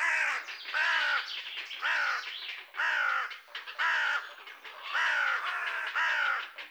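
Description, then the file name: Carrion crow with a series of coarse caws, roughly one each second. "Corvus corone"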